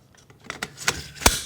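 A C bar is pushed into the F connector of an aluminium SoundProof-er SPB63 vocal booth frame. Light taps and scrapes at 0.3 s, 0.5 s and 0.6 s lead to sharp metallic clicks at 0.9 s and 1.3 s as the bar seats in the connector.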